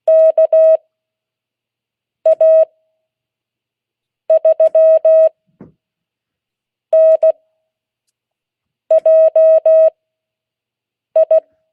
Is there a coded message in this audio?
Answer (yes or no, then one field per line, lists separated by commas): yes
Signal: Morse code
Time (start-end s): 0.1-11.4 s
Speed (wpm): 16 wpm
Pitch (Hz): 640 Hz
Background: none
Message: KA3NJI